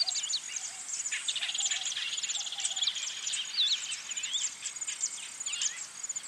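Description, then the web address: Birds singing together, overlapping high twitters, rapid trills and sharp whistled notes fill the whole stretch with little pause. Birds singing in a bird park. "zvuk peniya ptits v parke ptits eschyo park ptits"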